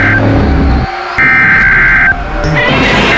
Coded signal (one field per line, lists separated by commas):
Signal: Emergency Alert System (SAME) tones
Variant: header bursts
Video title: EAS SCENARIO GODZILLA